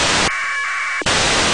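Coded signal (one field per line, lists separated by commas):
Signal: packet radio (AX.25, as in APRS)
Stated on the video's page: ISS packet received with an RTL-SDR dongle and a turnstile antenna.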